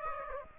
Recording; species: mosquito wingbeat signal from an infrared sensor; Aedes aegypti